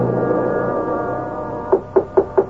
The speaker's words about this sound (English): Is that you, Maurice? Who else would be knocking on your door at this hour?